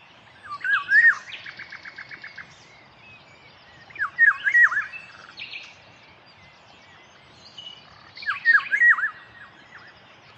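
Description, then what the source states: Eurasian golden oriole song: three short fluty whistled phrases, about four seconds apart. Song of a species that the jay imitates.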